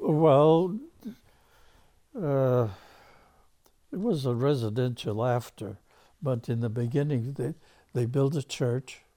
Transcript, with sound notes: Well - uh - (sighs) it was a residential after, but in the beginning, they, they built a church,